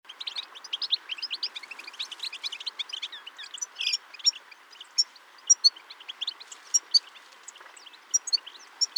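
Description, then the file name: European goldfinch calls: a rapid, tinkling high twitter of short notes for about four seconds, then scattered sharp high chips over a steady background hiss. "Carduelis carduelis"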